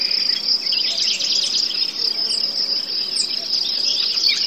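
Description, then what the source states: Crickets and forest birds: loud dense cricket trill fills the whole stretch, with a couple of brief high bird chirps on top. Forest; birds and crickets heard together.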